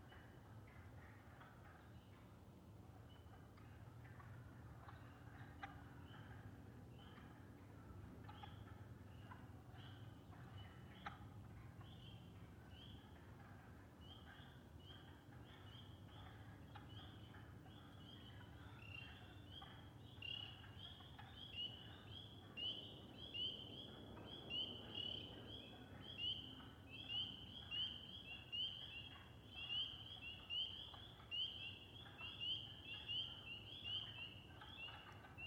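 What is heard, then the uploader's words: Spring peepers chorus in high, rapid repeated peeps that thicken after twenty seconds, over a steady low train rumble throughout. Friday Night, Peepers, Woodcocks & Trains. Recorded in West Kingstown, Rhode Island on Liberty Road near the Great Swamp. Peepers and all the other critters came out.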